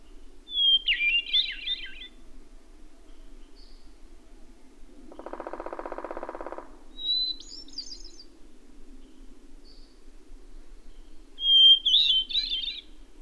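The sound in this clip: Bird song: three separate warbling phrases, each opening with a whistled note, spaced several seconds apart; a harsh buzzing burst sounds between the first two.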